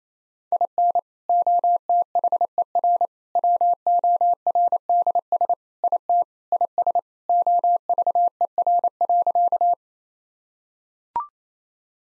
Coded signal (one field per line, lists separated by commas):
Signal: Morse code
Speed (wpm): 28 wpm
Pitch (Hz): 700 Hz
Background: none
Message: IN OTHER WORDS IT IS OVER.